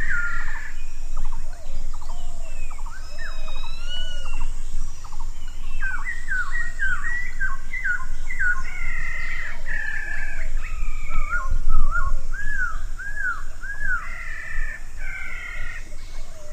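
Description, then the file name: Laughingthrush song: a varied run of clear whistled phrases, some rising and falling, some repeated in short series, over a steady low rumbling background. "suara poksay punggung merah"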